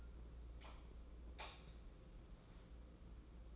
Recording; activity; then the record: daily activity, microphone in the room; light on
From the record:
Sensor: 1